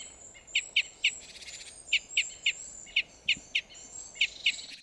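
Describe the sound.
Red crossbill giving short, sharp kip notes in loose pairs and triplets, with a thin steady high-pitched tone running underneath and soft background hiss.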